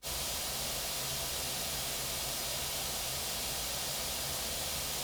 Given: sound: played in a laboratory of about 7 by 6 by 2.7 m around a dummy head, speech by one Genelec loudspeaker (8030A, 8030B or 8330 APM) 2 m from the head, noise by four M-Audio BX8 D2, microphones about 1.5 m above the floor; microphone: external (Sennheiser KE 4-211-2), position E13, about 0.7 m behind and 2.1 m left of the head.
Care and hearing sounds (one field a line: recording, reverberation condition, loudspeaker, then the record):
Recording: white noise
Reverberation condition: low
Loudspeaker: four, about 170 cm from the corners of the room and facing them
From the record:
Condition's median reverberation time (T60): about 310 ms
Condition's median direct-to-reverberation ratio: about 3.5 dB